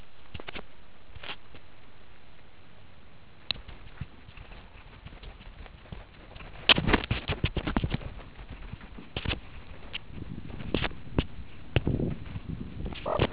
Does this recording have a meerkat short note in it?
no